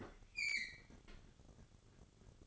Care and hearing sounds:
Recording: daily activity, microphone in the room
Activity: open fridge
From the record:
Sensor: 4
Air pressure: 1008.6 hPa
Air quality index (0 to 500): 73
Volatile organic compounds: 1 ppm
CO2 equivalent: 628 ppm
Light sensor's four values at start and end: 13/29/12/12 and 12/27/11/11

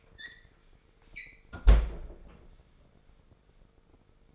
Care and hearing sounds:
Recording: daily activity, microphone in the room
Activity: close fridge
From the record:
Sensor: 5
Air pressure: 1015.0 hPa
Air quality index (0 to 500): 190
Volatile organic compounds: 8 ppm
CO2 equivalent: 2088 ppm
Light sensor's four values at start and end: 93/215/94/105 and 91/207/92/102

